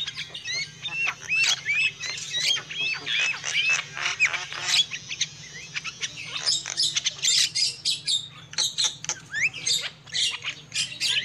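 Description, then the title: Lovebirds chirp and squeak in rapid, clicky sequences of shrill notes, with a low background hum. Lure call (pikat) used for trapping lovebirds. "PIKAT BURUNG LOVEBIRD"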